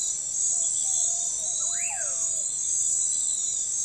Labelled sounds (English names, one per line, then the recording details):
Common Pauraque
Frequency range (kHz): Common Pauraque 0.8-3.0 kHz
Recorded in forest near Pivijay, Magdalena, Colombia, on 17 April 2023 at 04:00
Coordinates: 10.467, -74.380
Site Z5-G034